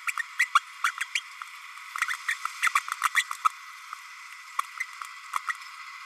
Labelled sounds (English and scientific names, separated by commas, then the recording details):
Green-rumped Parrotlet (Forpus passerinus) babbling
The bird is a male
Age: 30 days
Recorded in a nest box in Venezuela
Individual 17B32A6